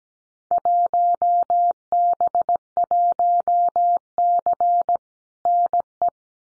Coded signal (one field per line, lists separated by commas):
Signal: Morse code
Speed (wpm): 17 wpm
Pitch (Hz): 700 Hz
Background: none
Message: 1B1C NE